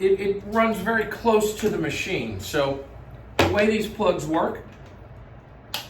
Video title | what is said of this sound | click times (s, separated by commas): truAIRE-5 Home Fill Port, Fill Tube, and Mounting Bracket for Invacare Homefill 2 Compressor Demo | is it pops into place as you hear, and you cannot pull it out unless you press the little release mechanism | 5.7 s